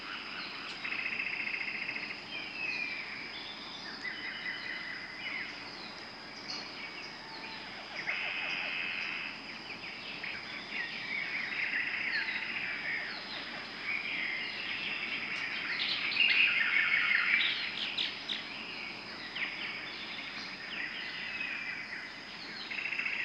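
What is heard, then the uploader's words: A forest after rain, filled with a steady, dense chorus of bird calls and chirps that overlap throughout. The birdsong is bright and busy, swelling louder around the middle and again near sixteen seconds, over a constant soft hiss and a thin high whine. Forest after rain.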